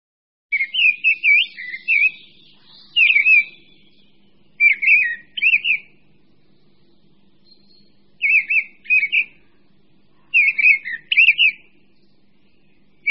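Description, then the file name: Mistle thrush song: repeated short phrases of loud, fluty, wavering whistles, each lasting one to two seconds, separated by short pauses. "Drozd-brávník"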